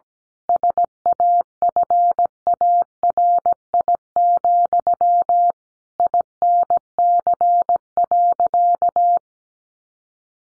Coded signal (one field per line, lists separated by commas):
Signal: Morse code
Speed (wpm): 17 wpm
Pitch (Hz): 700 Hz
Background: none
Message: SAFARI, INC.